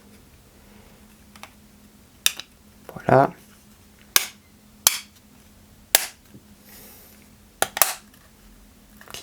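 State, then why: Seated. A small plastic cover is pressed onto the other side of the remote control housing of a 1/8-scale Citroën 2CV AZLP model car kit while someone talks. It clips in with several sharp snaps at 4.2, 4.9, 6.0 and 7.8 seconds, and the cover is seated.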